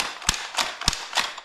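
The plastic rotating cylinder of a Dart Zone Savage Spin foam-dart blaster is turned by hand so it indexes and locks into firing position. Sharp clicks ring out at 0.3 s and 0.9 s, with softer ratcheting bursts near 0.6 s and 1.2 s. The cylinder seats firmly in place.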